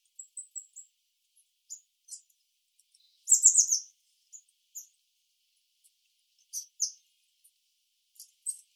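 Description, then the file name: Eurasian blue tit calling: a few thin high notes, then a loud, rapid burst of downslurred notes, followed by scattered high notes and short clusters. "Cyanistes caeruleus"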